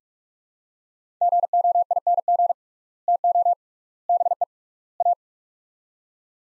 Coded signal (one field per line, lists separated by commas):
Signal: Morse code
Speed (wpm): 47 wpm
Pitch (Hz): 700 Hz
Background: none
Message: GOING TO BE A